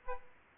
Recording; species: mosquito wingbeat signal from an infrared sensor; Aedes aegypti